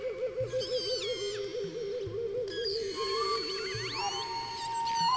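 Whale calls: wavering, warbling tones followed by long rising and falling harmonic sweeps, set against sustained musical notes and a repeated low beat.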